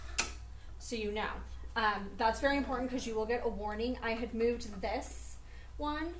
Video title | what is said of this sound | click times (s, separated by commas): Introducing Cricut Venture Large Format Cutting Machine and Docking Stand | so you go ahead and move this and listen to it click into place | 0.2 s